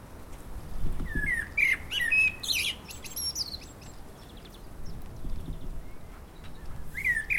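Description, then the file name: Common blackbird song: mellow warbled whistles ending in high twitters, a second phrase starting at the end, with intermittent low rumbling noise. "Turdus merula"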